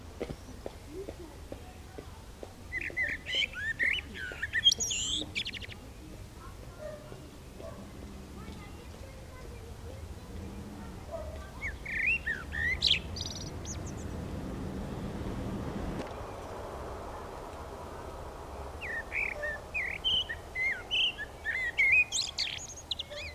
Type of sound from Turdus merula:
song